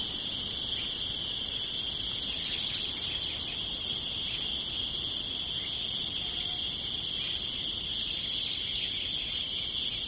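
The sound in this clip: Cicadas keep up a sustained high whining drone, unvarying throughout, while short bursts of quick chirps break in twice, about six seconds apart.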